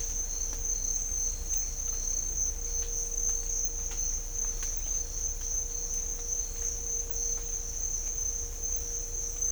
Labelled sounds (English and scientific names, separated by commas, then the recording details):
none
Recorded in dense forest near Puerto Asís, Putumayo, Colombia, on 18 December 2024 at 07:30
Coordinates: 0.500, -76.322
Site G053